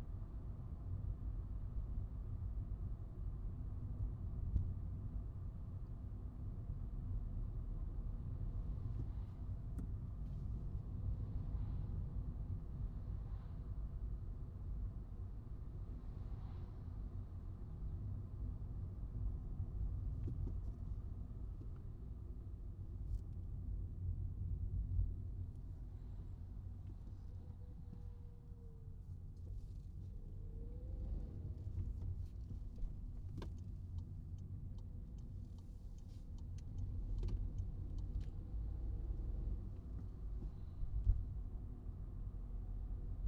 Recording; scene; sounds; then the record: everyday scene through a hearing-aid microphone; in a vehicle; engine, highway traffic jam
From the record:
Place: Skoda Fabia, gasoline engine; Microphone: in the ear canal, right